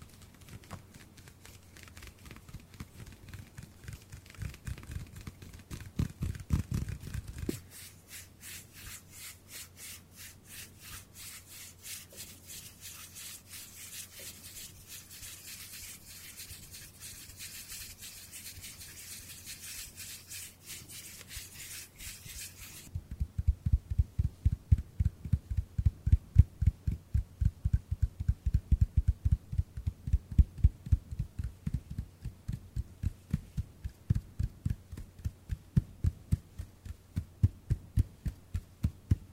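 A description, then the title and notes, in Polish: Hand sounds: rubbing palms and fingers making a rapid, steady stream of soft brushing and scratching textures. From about 7 to 23 seconds the rubbing turns bright and hissy, then shifts to deeper, louder rhythmic pats and thumps repeating quickly through the end. ASMR DŹWIĘKI DŁONI 40 MINUT! 50+ DŹWIĘKÓW.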